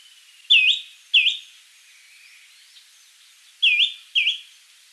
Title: LuckyPassaro Completos2Sama. Greenish Schiffornis (Schiffornis virescens)